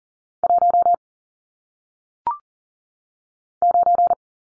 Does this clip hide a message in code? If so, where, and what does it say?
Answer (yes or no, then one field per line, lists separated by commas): yes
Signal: Morse code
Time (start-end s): 0.4-4.1 s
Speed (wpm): 40 wpm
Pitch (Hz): 700 Hz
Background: none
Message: 1 9